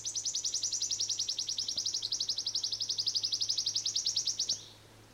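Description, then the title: Wood Warbler song, a fast, dry, high-pitched trill of repeated notes that ends abruptly. "Sirittäjä"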